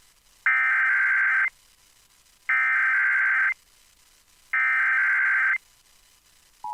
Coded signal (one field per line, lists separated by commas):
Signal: Emergency Alert System (SAME) tones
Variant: header bursts